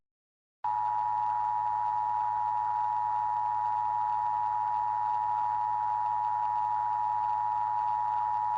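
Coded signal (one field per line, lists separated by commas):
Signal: Emergency Alert System (SAME) tones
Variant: 853 and 960 Hz attention tone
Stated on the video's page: Fictional EAS scenario for a horror film, made with EAS software.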